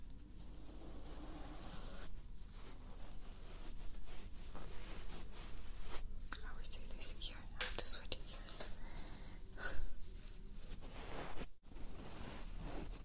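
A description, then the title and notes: Ear brushing and tapping: soft rustling textures with a low rumble, brief bright scratchy bursts near 8 and 10 seconds, and a sudden drop near 11.5. Ear brushing. Ear tapping.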